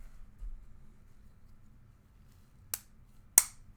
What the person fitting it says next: There we go, snaps into place.